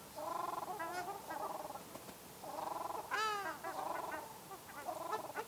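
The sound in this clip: Ruddy shelduck giving nasal, goose-like honks in short bursts, some flat and drawn out, others sharply arched, with brief pauses between the phrases.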